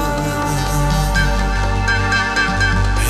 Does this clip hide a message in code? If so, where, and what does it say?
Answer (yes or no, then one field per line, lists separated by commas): no